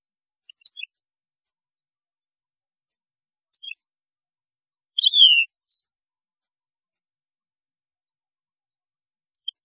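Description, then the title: European goldfinch song, scattered high twittering chips with one longer descending slurred note in the middle, separated by silence. "Chant Chardonneret"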